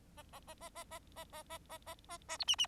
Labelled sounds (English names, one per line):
Bengalese Finch song